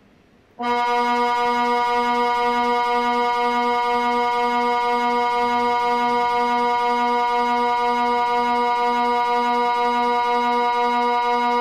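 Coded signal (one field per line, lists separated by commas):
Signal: siren signal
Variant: Swiss Water Alert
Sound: a loud, steady, low buzzy siren tone starts abruptly and holds without a break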